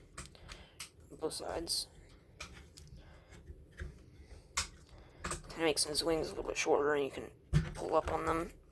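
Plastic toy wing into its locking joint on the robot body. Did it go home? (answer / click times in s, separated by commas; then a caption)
no / none. Someone handles a plastic Siege War for Cybertron Jetfire robot toy, folding the bottom flaps up on both sides to shorten the jet wings and starting to pull up on a wing to lock it into its joint on the body, with short plastic taps and clicks throughout while someone talks. The wing has not clicked into place yet; nothing has seated.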